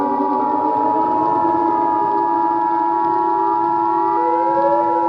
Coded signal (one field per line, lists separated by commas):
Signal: Emergency Alert System (SAME) tones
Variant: 853 and 960 Hz attention tone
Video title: EAS Scenario: Earth’s Last Stand (100 SUBSCRIBER SPECIAL!!!)